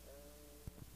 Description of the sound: The letter E spoken over the area of consolidation.